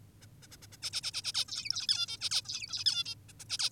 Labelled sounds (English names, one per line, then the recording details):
Zebra Finch
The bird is an adult
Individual g19o10U